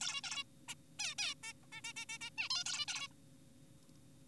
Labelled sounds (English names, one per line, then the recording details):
Zebra Finch
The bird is an adult
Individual g4p5U